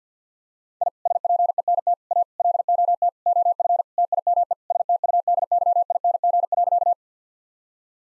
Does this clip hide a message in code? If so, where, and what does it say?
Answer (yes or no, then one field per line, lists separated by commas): yes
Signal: Morse code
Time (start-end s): 0.8-6.9 s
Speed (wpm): 50 wpm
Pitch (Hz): 700 Hz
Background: none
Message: I SPENT A LOT OF TIME STUDYING.